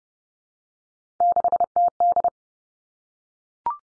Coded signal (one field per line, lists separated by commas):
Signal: Morse code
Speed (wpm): 30 wpm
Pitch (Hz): 700 Hz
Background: none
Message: 6TD